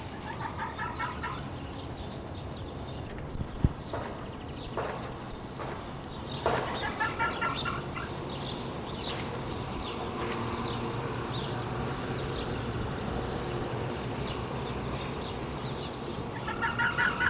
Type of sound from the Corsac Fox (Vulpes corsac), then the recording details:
barking. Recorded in captivity. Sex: male. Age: adult. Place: Zoologisches Institut der HUB, Berlin, DE. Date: 1966-04-05 12:45. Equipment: Uher 4000 Report Monitor, Sennheiser MD 421, Transistorverstärker 2. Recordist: Tembrock, Günter